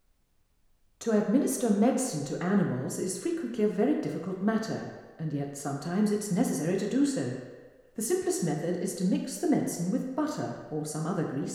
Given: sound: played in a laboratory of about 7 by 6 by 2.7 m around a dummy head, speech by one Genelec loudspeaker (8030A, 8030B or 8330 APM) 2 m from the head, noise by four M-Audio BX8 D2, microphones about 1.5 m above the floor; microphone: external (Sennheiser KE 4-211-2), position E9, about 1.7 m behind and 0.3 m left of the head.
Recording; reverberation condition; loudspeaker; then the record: female speech in English; high; 150 degrees to the left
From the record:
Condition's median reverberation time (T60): about 1300 ms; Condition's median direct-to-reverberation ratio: about -4.0 dB